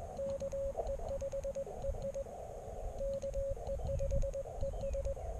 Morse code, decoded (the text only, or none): KE5EI KE5ES